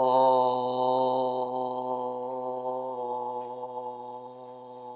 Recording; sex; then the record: sustained vowel /o/; male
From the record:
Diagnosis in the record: healthy control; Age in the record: 77 years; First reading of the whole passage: 68 s, 7.6 characters per second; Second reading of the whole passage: 60 s, 8.3 characters per second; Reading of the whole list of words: 67 s, 4.2 characters per second